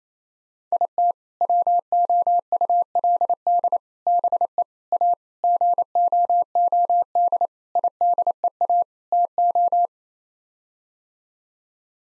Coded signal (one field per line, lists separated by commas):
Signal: Morse code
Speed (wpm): 28 wpm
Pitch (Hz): 700 Hz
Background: none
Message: IT WOULD BE A GOOD IDEA TO